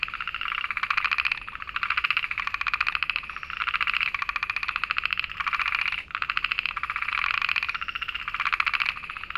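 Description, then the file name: Okinawa narrow-mouthed frog calling in buzzy trills of rapid pulses, in bursts with short breaks. "himeamagaeru call"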